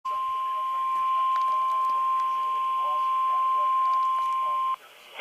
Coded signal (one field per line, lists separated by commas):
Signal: Emergency Alert System (SAME) tones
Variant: 1050 Hz attention tone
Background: speech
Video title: EAS Capture #39